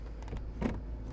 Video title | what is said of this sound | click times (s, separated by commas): Is the 2020 Lexus LX570 a luxury SUV that's WORTH it? | it locks into place and then | 0.2 s, 0.3 s, 0.4 s